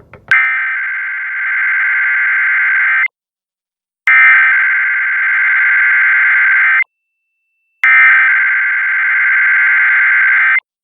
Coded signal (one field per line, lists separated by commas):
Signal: Emergency Alert System (SAME) tones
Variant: header bursts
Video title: Double EAS Weekly Test! 1/7/2026 First EAS Of 2026!